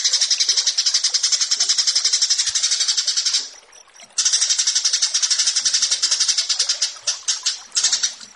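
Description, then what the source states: Australasian bushlark song, a dense high-pitched rapid trill that breaks off briefly midway, then resumes and ends in separate sharp notes. Masteran (song tutor) recording of a branjangan.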